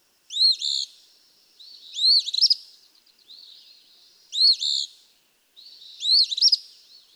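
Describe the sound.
Eastern phoebe delivering harsh two-part fee-bee phrases, four times, linked by faint sputtering buzzy notes.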